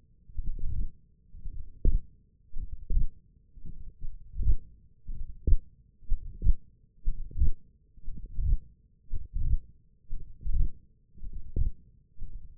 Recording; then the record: forearm muscle sounds (acoustic myography)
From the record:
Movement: wrist extension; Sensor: system 1, eight BSWA MPA416 microphones around the upper forearm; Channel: 4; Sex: male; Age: 21 years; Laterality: right